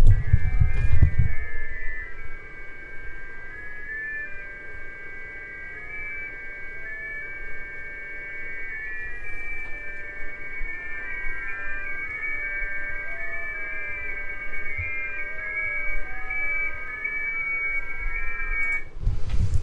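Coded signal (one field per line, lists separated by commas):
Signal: JT65, JT9 or WSPR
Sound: several overlapping steady tones slowly stepping in pitch, like soft musical chords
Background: low radio hum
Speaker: Okay. Kind of sounds like uh music. Kind of sounds like music. And again, there's multiple signals there.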